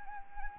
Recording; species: mosquito wingbeat signal from an infrared sensor; Anopheles arabiensis